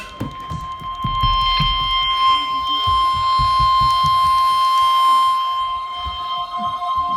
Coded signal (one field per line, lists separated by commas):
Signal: Emergency Alert System (SAME) tones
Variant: 1050 Hz attention tone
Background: music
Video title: Required weekly test EAS#161-162